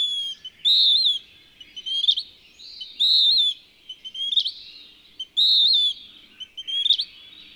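Bird song with bright whistled phrases and brief sharp upslurred notes between them, three full cycles heard, low faint noise underneath.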